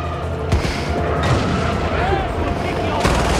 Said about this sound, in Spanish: Los elefantes te ayudan. Es que ya, ¿qué videojuego hace eso? Venga, le estalla un puto coche en la cara al elefante y te lo ves tan normal.